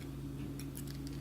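A microSD card is handled at the card slot of a Xiaomi Mijia 4K action camera while being lined up to be pushed in. Several small sharp ticks are heard at about 0.6, 0.8, 0.9 and 1.1 seconds over a steady low hum. Nothing has seated or clicked into place yet.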